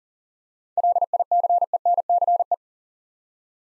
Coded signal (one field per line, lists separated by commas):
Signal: Morse code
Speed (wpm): 38 wpm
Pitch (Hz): 700 Hz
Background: none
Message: LICENCE